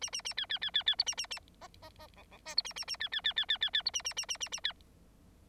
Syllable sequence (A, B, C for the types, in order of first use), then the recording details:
A A A B B B B B C A A A D D D E E F C A A A B B B B B B B C A A A A A A B. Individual Bird9